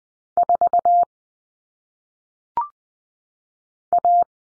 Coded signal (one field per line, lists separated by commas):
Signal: Morse code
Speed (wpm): 20 wpm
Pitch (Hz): 700 Hz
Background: none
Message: 4 A